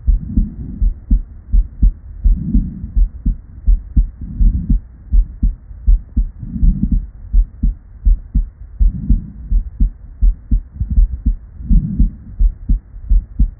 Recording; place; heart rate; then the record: heart sounds by stethoscope; Erb's point; 82 bpm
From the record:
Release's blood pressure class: normal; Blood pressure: 117/72 mmHg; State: at rest